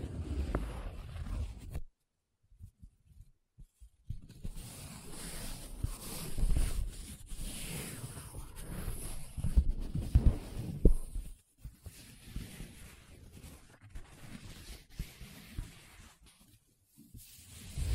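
Paper being traced, scratched and rubbed, in uneven strokes with a dry, hissing rasp. A brief scuff opens, then near silence for two seconds before steadier rubbing runs from about four to eleven seconds. Quieter, broken scratches follow with short pauses.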